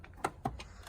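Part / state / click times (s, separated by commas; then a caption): wiring harness connector into taillight assembly / seated / 0.2 s. A wiring harness connector is plugged back into a car's taillight assembly after a bulb replacement. A sharp click at 0.2 s shows the connector seating, followed by another firm snap near 0.5 s and softer handling sounds. The connector is seated.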